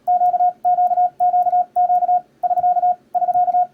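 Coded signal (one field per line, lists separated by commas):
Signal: Morse code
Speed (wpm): 38 wpm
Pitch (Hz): 720 Hz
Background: radio noise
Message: QQQQ <SK> <SK>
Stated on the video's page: Paddle and keyer demos comparing Iambic A and Iambic B keying, with the keyer set to slow speed.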